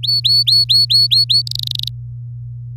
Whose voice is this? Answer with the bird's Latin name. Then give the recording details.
Serinus canaria. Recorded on 4 May 2018 at 05:56. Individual llb16